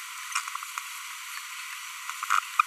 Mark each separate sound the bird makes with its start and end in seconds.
0.35-0.39